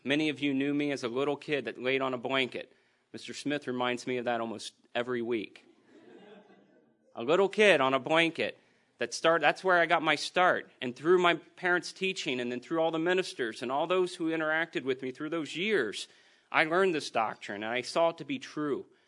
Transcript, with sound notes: Many of you knew me as a little kid that laid on a blanket. Mr. Smith reminds me of that almost every week. [audience laughs] A little kid on a blanket that started… that's where I got my start and through my parents’ teaching, and then through all the ministers and all those who interacted with me through those years, I learned this doctrine and I saw it to be true.